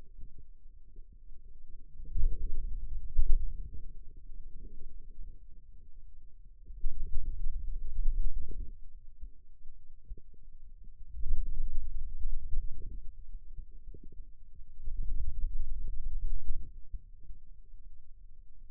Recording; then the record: forearm muscle sounds (acoustic myography)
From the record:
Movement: finger pinch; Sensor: system 2, bracelet of six BSWA MPA416 microphones around the upper forearm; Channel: 2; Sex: male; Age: 22 years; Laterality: right